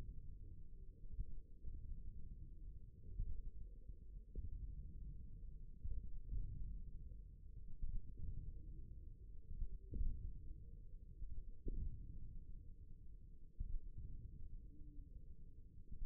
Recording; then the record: forearm muscle sounds (acoustic myography)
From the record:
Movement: wrist extension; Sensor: system 1, eight BSWA MPA416 microphones around the upper forearm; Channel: 1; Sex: male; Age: 54 years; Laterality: right